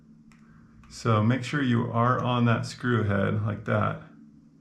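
An adjustment tool or screwdriver is positioned on the recessed plastic radius adjustment screw, the nozzle retaining screw head, of a Rain Bird 5000 sprinkler rotor head, feeling for its groove. A faint brief tick is heard at about 0.3 s, then someone talks from about 1.0 s to 4.2 s. Nothing has seated or clicked into the screw head yet.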